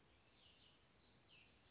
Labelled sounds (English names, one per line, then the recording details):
Cassin's Vireo
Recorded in Sonoma County, California